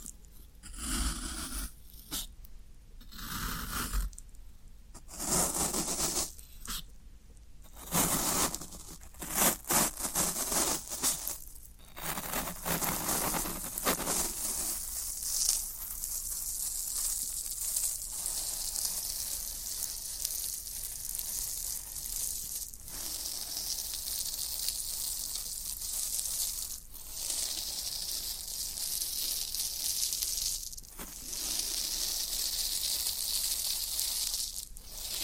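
Floral foam is worked in bursts of crumbly, hissing scraping. For the first fifteen seconds the strokes come short and choppy with quick gaps between them; after that the scratching turns steadier and brighter, a continuous gritty hiss broken by brief pauses.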